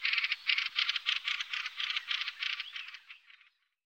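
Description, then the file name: Fieldfare chattering call, a fast run of harsh, scratchy pulses packed closely together for about three and a half seconds, fading toward the end. "Wacholderdrossel"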